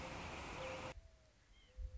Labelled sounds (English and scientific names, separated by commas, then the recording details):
Mourning Dove (Zenaida macroura)
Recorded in Sonoma County, California